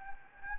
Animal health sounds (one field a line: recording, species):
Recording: mosquito wingbeat signal from an infrared sensor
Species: Anopheles gambiae